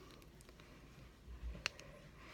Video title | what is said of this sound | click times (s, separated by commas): How I Change My Insulin Pump Infusion Site -670G w/Guardian Sensor 3 | hear it click in and I | 1.7 s